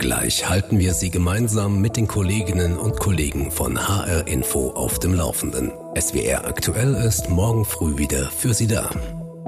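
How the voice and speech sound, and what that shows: A male announcer speaks German fluently in a low, steady voice over a soft music bed. Ordinary speech.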